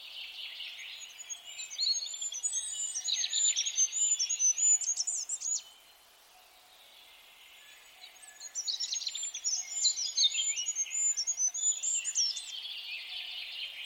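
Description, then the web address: Birds twittering rapidly with high, thin whistled notes and chirps, breaking off into a short quiet gap midway before the chattering chorus picks up again. "birddata Deverinetal 2025"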